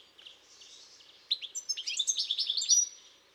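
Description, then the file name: European goldfinch twittering: soft high notes at first, then a louder burst of quick liquid chirps and trills lasting about a second and a half. "Carduelis carduelis"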